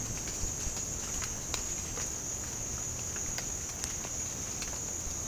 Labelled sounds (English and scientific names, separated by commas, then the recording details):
none
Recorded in pastures near Puerto Asís, Putumayo, Colombia, on 25 June 2025 at 14:30
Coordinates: 0.496, -76.326
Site GP01